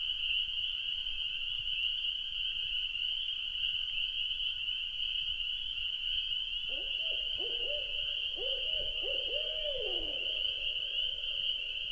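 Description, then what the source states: Owl giving a burst of excited, wavering hoots after several seconds of quiet, finishing with a falling slur, against a continuous shrill hum. Recorded at night at a lake in Wisconsin in 2019.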